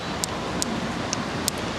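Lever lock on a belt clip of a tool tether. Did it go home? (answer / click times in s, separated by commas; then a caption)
yes / 0.2 s, 0.6 s, 1.1 s, 1.5 s. A lever lock on the plastic belt clip of a tool tether is closed down and clicks through several grooves. Sharp clicks at 0.2, 0.6, 1.1 and 1.5 seconds stand out over steady broadband noise. The lever sits in the final groove and locks in place.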